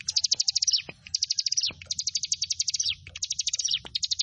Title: Ciblek Sawah